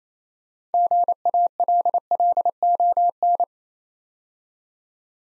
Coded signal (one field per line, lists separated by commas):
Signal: Morse code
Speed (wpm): 28 wpm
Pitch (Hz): 700 Hz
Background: none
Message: GALLON